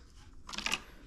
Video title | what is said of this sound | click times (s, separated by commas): Free Garmin 8616s How to get Them & How to Install | these are just going to snap in place. | 0.5 s, 0.6 s, 0.7 s